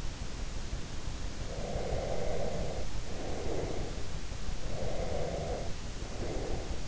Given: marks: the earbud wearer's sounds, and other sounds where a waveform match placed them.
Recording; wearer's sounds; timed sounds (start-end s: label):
sounds in sleep by an in-ear microphone; breath
1.51-3.86 s: breath
4.69-6.88 s: breath